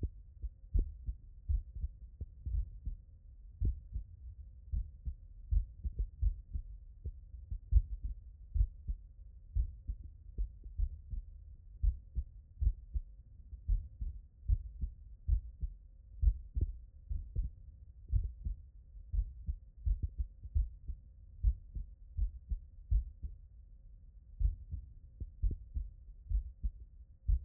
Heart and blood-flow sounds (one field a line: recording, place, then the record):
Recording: heart sounds by stethoscope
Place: tricuspid valve (TV)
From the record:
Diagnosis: non-HFrEF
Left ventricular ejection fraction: 73%